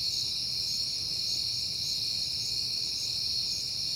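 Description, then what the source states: Crickets in full chorus, a piercing continuous trill with rhythmic pulses repeating regularly, and a faint low rumble below. Crickets recorded at night in September, on a peaceful night.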